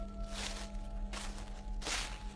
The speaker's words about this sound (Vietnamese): Ở bên ngoài bắt đầu có tiếng động, tiếng sỏi đá lạo xạo, tiếng bước chân dẫm lên lá cây loạt xoạt.